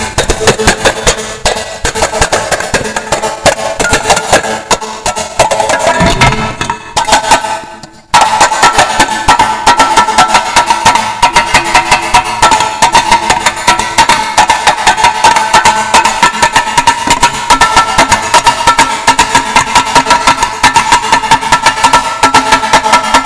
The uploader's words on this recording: Tin Drum.